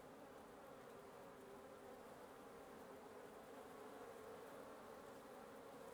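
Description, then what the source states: Many wasps humming together in an unbroken, even buzz with no pauses. Wasp nest under the roof of the recordist's residence at 1a Avenida Nte 19, Antigua Guatemala, Guatemala; recorded in the morning; headphone listening recommended.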